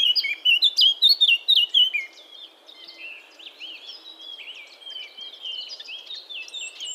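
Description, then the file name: Eurasian blackcap song: a loud burst of rapid, fluty warbled notes for two seconds, then a softer, continuous scratchy warble running on to the end. "Sylvia atricapilla"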